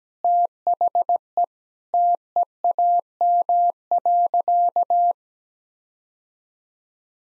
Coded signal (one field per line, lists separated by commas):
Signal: Morse code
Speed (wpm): 17 wpm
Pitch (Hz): 700 Hz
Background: none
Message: THE TEAM.